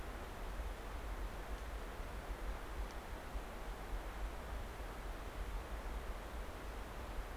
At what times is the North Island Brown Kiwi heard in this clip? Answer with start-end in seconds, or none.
none